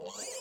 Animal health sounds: pig call; piglet (1 to 25 days)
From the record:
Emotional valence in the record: negative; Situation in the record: long isolation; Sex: male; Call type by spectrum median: high-frequency call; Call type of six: mixed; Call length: 0.41 s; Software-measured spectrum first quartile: 744 Hz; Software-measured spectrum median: 3548 Hz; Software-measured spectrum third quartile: 6787 Hz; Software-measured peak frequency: 514 Hz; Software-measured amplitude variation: 96 dB a second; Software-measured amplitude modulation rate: 18.3 a second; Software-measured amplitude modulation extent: 5.3 dB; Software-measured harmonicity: 3.3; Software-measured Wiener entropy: -2.58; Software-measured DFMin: 836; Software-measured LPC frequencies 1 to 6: 570, 2433, 3110, 4703, 6992, 7468 Hz

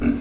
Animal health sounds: pig call; growing-finishing pig (85 days or more)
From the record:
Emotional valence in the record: negative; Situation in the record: barren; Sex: male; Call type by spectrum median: low-frequency call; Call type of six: low-frequency stable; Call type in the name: low-frequency stable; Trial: 2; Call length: 0.21 s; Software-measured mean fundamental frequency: 59 Hz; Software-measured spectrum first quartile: 203 Hz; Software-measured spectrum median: 272 Hz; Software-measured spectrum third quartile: 457 Hz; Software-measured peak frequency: 255 Hz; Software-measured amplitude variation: 162 dB a second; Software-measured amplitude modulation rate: 21.7 a second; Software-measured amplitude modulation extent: 7.5 dB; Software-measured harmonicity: 5.4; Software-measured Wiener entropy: -0.89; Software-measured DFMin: 787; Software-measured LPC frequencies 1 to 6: 300, 1423, 2241, 2654, 4394, 5175 Hz

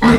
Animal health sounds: pig call; piglet (1 to 25 days)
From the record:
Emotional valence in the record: positive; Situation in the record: reunion after long isolation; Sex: female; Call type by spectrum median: low-frequency call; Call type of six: low-frequency tonal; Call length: 0.19 s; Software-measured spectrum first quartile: 231 Hz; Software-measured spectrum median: 461 Hz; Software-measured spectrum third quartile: 1324 Hz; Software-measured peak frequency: 231 Hz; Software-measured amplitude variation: 71 dB a second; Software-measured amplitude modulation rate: 13.4 a second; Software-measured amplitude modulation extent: 5.3 dB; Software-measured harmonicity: 3.6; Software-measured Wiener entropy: -1.61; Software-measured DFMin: 801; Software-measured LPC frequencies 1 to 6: 1150, 1946, 3967, 4890, 7528, 8503 Hz

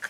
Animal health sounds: pig call; piglet (1 to 25 days)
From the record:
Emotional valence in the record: positive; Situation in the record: after nursing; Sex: male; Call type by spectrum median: low-frequency call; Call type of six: low-frequency tonal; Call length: 0.10 s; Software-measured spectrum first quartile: 1564 Hz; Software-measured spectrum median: 1805 Hz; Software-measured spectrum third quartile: 3740 Hz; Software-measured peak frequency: 1575 Hz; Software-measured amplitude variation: 244 dB a second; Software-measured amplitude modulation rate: 4.8 a second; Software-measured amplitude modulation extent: 51.4 dB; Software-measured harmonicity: 6.0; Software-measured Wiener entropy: -1.41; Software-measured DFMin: 1076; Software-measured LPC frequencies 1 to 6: 1584, 3302, 4181, 4881, 6344, 6932 Hz

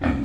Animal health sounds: pig call; growing-finishing pig (85 days or more)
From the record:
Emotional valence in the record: negative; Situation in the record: barren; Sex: female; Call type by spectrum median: low-frequency call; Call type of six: low-frequency stable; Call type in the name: low-frequency stable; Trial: 1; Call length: 0.25 s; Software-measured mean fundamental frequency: 63 Hz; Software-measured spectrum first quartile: 188 Hz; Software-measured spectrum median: 321 Hz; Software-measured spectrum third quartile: 990 Hz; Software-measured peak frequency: 264 Hz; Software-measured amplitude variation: 153 dB a second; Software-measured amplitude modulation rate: 25.9 a second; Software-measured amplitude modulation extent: 5.9 dB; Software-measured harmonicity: 1.7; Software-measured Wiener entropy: -1.58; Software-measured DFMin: 510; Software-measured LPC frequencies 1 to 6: 1723, 2360, 3337, 4235, 5015, 6039 Hz

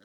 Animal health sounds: pig call; piglet (1 to 25 days)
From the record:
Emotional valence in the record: positive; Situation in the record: reunion after long isolation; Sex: male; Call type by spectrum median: low-frequency call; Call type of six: low-frequency tonal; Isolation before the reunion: 8 minutes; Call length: 0.04 s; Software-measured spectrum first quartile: 347 Hz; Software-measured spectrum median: 1118 Hz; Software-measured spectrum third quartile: 2341 Hz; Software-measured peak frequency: 206 Hz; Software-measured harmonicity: -0.6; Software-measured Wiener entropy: -1.33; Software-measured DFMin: 1216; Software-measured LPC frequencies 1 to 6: 452, 1514, 3230, 3981, 5288, 6004 Hz

